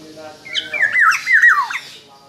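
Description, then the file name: Black-naped oriole song: a run of loud, slurred whistled phrases that dip and rise, ending in a falling note, with faint hum behind. Indonesian kepodang described as gacor, singing steadily and at length, 'until exhausted' (sampai teler). "BURUNG KEPODANG GACOR SAMPAI TELER"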